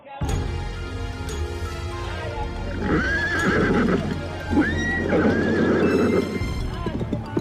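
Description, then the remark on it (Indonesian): A carriage horse, struck too hard with a whip, neighs loudly in two long, wavering whinnies and then runs faster, with a steady clatter of hooves and rumbling movement running underneath throughout. “Kuda meringkik keras, kemudian berlari lebih kencang.”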